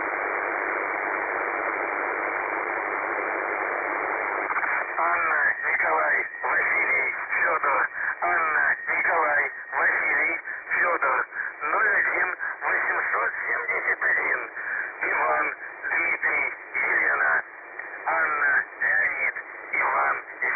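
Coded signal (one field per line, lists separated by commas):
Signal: numbers station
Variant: UVB-76 (The Buzzer)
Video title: The Buzzer/UVB-76 Voice Message (December 2, 2020 10:43 UTC)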